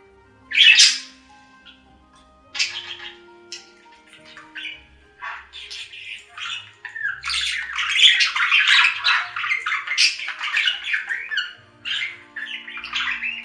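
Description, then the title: Budgerigar warbling chatter, a few isolated squawky notes first, then a long dense run of scratchy, buzzy chirps. "Budgie Sounds"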